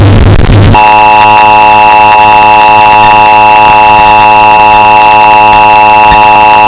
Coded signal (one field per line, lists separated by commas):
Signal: Emergency Alert System (SAME) tones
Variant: 853 and 960 Hz attention tone